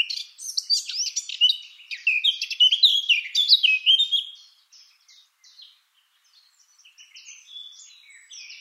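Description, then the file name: Eurasian blackcap singing a loud, rich, fast warble of varied high notes, then fading to quiet, scattered chattering notes. "Sylvia atricapilla"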